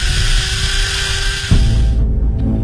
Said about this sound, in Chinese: 随后那机械手高速旋转起来，变成了电钻。 上次没开成洞，这次补上。 电钻慢慢的挺进